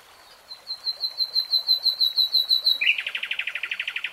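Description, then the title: Nightingale song: a steady series of sharp repeated whistled notes speeding into a fast, lower rattling trill. "[Tiếng chim hót] 3 Hours REALTIME Nightingale Singing"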